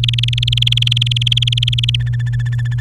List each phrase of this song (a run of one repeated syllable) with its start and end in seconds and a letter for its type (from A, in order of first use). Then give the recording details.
0.03-1.96 A, 2.00-2.80 B. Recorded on 30 April 2018 at 09:14. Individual llb3